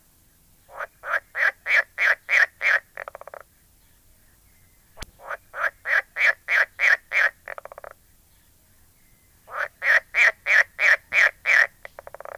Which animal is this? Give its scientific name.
Pelophylax esculentus